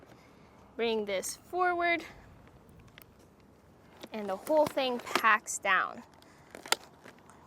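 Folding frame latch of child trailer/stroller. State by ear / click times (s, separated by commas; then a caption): seated / 6.7 s. Someone talks while folding a Thule Chariot Cross 2 child bike trailer/stroller: the release levers are pressed and the handle is brought forward, and faint clicks and rattles are heard as the frame folds down. The folding frame latch locks into place with a loud, sharp click at 6.7 s, and the trailer is fully folded.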